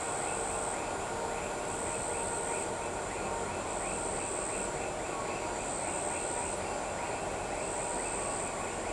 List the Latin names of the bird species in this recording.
none